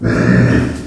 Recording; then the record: squeal of a Yucatan mini pig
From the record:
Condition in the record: after surgery on the right vocal fold (resection and tissue-engineered implant); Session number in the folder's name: 7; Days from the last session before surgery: 47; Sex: female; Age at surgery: 19 weeks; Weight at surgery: 25 kg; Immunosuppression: prednisolone